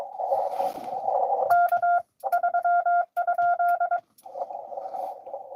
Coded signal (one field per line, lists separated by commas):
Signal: Morse code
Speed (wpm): 23 wpm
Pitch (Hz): 1400 Hz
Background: none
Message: K 3?